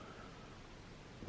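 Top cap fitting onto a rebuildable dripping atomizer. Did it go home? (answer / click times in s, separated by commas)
no / none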